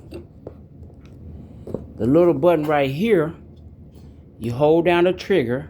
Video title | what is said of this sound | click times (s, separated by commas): unboxing the 4.5 amp black and decker jigsaw with proformance details | and you'll hear it lock. | 0.5 s